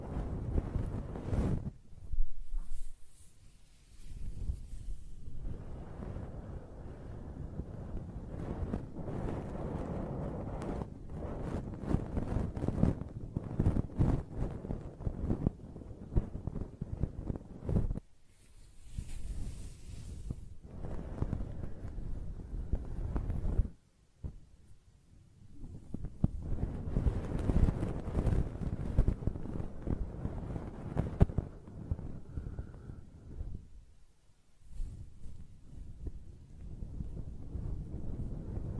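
Close-up hair sounds: dense, rough scratching and rubbing that runs almost without pause, heavy and low with a rustling top. Brief quiet gaps fall near 2, 19 and 24 seconds, and the strokes come in uneven bursts of stronger and softer pressure.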